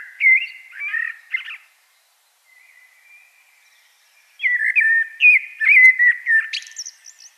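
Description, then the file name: Common blackbird song: mellow fluted phrase, a short silence, then a longer warbling phrase finishing with a high scratchy twitter. "Turdus merula"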